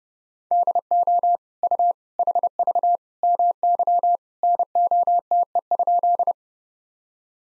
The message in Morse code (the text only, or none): DO U HV MY NOTE?